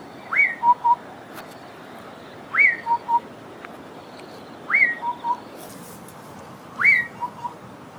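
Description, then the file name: Southern boubou calling, a clear whistled note followed by two short lower notes, the phrase repeated four times about every two seconds over steady background hiss. "Southern Boubou call (Laniarius ferrugineus)"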